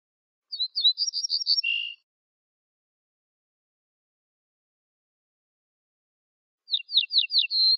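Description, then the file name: Ortolan bunting song: repeated quick slurred high notes finishing on a lower flat note, silence, then another phrase starts after about five seconds. "suara kicauan ortolan"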